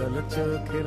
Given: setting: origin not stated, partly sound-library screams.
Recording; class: one-second piece from a danger detection set; normal situation